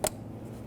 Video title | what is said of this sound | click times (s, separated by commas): How to Replace Valve Cover Gaskets 2005-2021 Nissan Frontier 4.0L V6 | you're going to hear them and feel them snap into place | 0.1 s